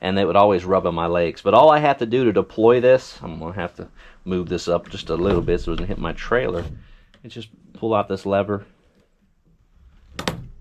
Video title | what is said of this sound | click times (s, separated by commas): Kayak LiveScope Mount made easy to Crush those Bass! | you can hear that it's snapped in place | 10.2 s, 10.3 s